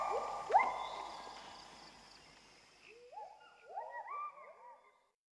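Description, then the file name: Bird calls: one sharp rising note early over a soft hiss, then after a lull a cluster of overlapping upslurred whistles that fades out. "pajaros"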